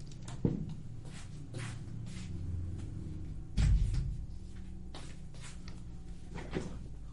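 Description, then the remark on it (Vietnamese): A door is pushed shut, giving a short knock and then, about three seconds later, a heavier low thud, with faint shuffling and creaking in between. “Ồ, mình dậy mình đóng cái cửa đó nha các bạn.”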